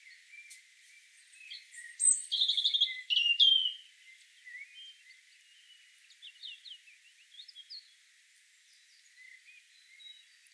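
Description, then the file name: European robin with a short, bright phrase of sliding high notes early on, followed by scattered soft, thin twitters. "Erithacus rubecula"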